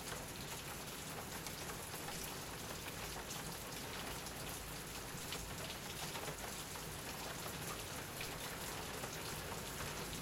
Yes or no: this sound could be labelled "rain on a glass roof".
yes